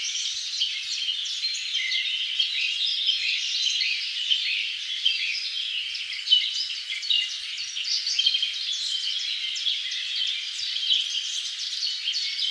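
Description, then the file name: Birds singing together in a dense chorus, many overlapping chirps, twitters and short whistles running continuously with no single voice standing out. Many birds in a forest. "animals birds forest many"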